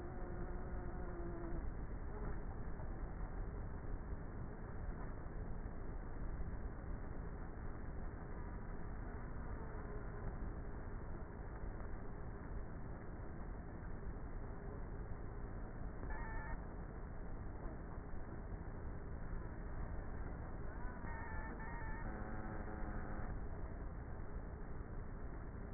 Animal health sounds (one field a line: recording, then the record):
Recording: honeybee colony, microphone inside the hive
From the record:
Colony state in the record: queenless with a low population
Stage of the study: before two queens were removed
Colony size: about 30,000 bees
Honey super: no